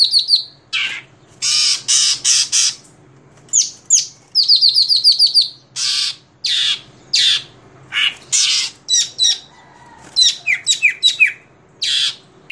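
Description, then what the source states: Greater green leafbird pouring out loud, harsh bursts and chattering rattles mixed with whistles, over a faint low hum. Described as a world champion bird singing a full 'isian' repertoire of inserted song phrases while flapping its wings.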